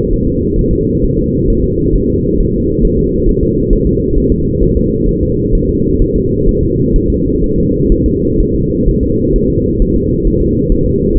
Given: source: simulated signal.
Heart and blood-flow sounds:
fetal heart sounds
0.13 s: S1
0.28 s: S2
0.59 s: S1
0.73 s: S2
1.04 s: S1
1.19 s: S2
1.50 s: S1
1.64 s: S2
1.96 s: S1
2.10 s: S2
2.40 s: S1
2.54 s: S2
2.85 s: S1
2.99 s: S2
3.29 s: S1
3.43 s: S2
3.73 s: S1
3.87 s: S2
4.18 s: S1
4.32 s: S2
4.63 s: S1
4.77 s: S2
5.09 s: S1
5.23 s: S2
5.55 s: S1
5.69 s: S2
6.02 s: S1
6.16 s: S2
6.49 s: S1
6.63 s: S2
6.96 s: S1
7.10 s: S2
7.44 s: S1
7.58 s: S2
7.92 s: S1
8.06 s: S2
8.40 s: S1
8.54 s: S2
8.89 s: S1
9.03 s: S2
9.36 s: S1
9.50 s: S2
9.82 s: S1
9.96 s: S2
10.27 s: S1
10.41 s: S2
10.72 s: S1
10.86 s: S2
11.17 s: S1
From the record:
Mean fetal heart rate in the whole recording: 130 bpm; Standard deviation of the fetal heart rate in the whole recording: 4 bpm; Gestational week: 38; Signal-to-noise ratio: -10.2 dB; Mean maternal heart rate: 72 bpm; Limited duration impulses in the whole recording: present

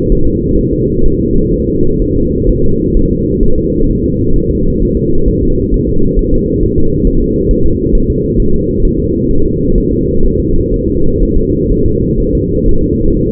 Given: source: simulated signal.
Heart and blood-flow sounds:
fetal heart sounds
0.12 s: S1
0.27 s: S2
0.59 s: S1
0.73 s: S2
1.06 s: S1
1.21 s: S2
1.54 s: S1
1.69 s: S2
2.02 s: S1
2.16 s: S2
2.50 s: S1
2.64 s: S2
2.97 s: S1
3.11 s: S2
3.43 s: S1
3.58 s: S2
3.90 s: S1
4.04 s: S2
4.36 s: S1
4.51 s: S2
4.82 s: S1
4.97 s: S2
5.28 s: S1
5.43 s: S2
5.74 s: S1
5.89 s: S2
6.19 s: S1
6.34 s: S2
6.63 s: S1
6.78 s: S2
7.07 s: S1
7.22 s: S2
7.51 s: S1
7.66 s: S2
7.95 s: S1
8.10 s: S2
8.40 s: S1
8.54 s: S2
8.85 s: S1
9.00 s: S2
9.31 s: S1
9.46 s: S2
9.78 s: S1
9.93 s: S2
10.26 s: S1
10.40 s: S2
10.74 s: S1
10.89 s: S2
11.23 s: S1
11.37 s: S2
11.72 s: S1
11.86 s: S2
12.20 s: S1
12.35 s: S2
12.69 s: S1
12.83 s: S2
13.17 s: S1
13.31 s: S2
From the record:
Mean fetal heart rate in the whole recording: 130 bpm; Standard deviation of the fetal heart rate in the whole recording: 4 bpm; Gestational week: 38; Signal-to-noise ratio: -17.7 dB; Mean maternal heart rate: 72 bpm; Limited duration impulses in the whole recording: present

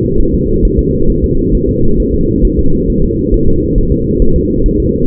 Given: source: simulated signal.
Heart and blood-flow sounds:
fetal heart sounds
0.20 s: S1
0.34 s: S2
0.65 s: S1
0.79 s: S2
1.10 s: S1
1.24 s: S2
1.55 s: S1
1.69 s: S2
2.00 s: S1
2.14 s: S2
2.45 s: S1
2.59 s: S2
2.90 s: S1
3.04 s: S2
3.34 s: S1
3.48 s: S2
3.78 s: S1
3.92 s: S2
4.22 s: S1
4.36 s: S2
4.66 s: S1
4.80 s: S2
From the record:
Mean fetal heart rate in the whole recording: 135 bpm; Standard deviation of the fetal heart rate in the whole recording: 3 bpm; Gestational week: 36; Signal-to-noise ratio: -17.7 dB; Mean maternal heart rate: 72 bpm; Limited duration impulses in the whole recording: present

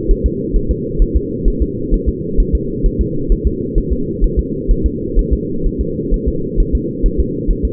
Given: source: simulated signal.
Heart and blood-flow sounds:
fetal heart sounds
0.11 s: S1
0.26 s: S2
0.56 s: S1
0.71 s: S2
1.02 s: S1
1.16 s: S2
1.48 s: S1
1.62 s: S2
1.94 s: S1
2.09 s: S2
2.40 s: S1
2.55 s: S2
2.86 s: S1
3.01 s: S2
3.32 s: S1
3.47 s: S2
3.78 s: S1
3.93 s: S2
4.24 s: S1
4.39 s: S2
4.71 s: S1
4.86 s: S2
5.19 s: S1
5.33 s: S2
5.66 s: S1
5.81 s: S2
6.14 s: S1
6.28 s: S2
6.60 s: S1
6.75 s: S2
7.06 s: S1
7.20 s: S2
7.51 s: S1
7.65 s: S2
From the record:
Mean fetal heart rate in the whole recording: 130 bpm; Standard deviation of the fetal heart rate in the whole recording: 4 bpm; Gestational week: 38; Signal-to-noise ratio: -6.6 dB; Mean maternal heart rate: 72 bpm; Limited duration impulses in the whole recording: present

